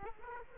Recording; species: mosquito wingbeat signal from an infrared sensor; Aedes aegypti